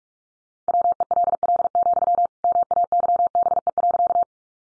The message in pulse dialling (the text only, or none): none